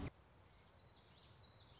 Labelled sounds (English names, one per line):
Common Yellowthroat